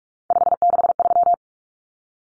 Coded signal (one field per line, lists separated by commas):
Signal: Morse code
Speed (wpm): 44 wpm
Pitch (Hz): 700 Hz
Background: none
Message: 563